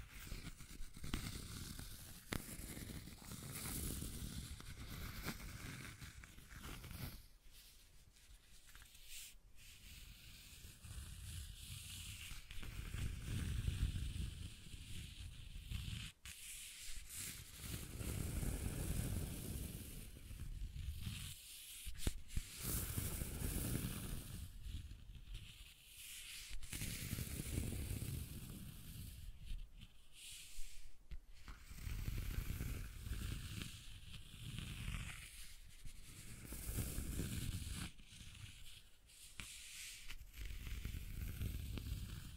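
Scratching and tracing sounds, a steady rough scraping that runs nearly the whole time with a low rumbling underneath and a hissy upper edge. The strokes swell and ease in uneven waves every few seconds, with brief sharp breaks near 7, 16 and 22 seconds.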